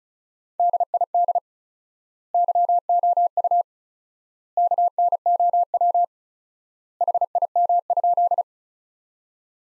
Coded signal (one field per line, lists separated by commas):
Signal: Morse code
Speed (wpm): 36 wpm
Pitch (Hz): 700 Hz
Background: none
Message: DID YOU KNOW HIM?